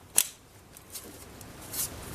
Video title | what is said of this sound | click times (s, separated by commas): How to Install GM 4T65-E Transmission Buick Lucerne, Grand Prix, Impala (Every Step in Description!) | Then connect the main connection here and just make sure you hear it snap in place. | 0.2 s